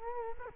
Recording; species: mosquito wingbeat signal from an infrared sensor; Culex quinquefasciatus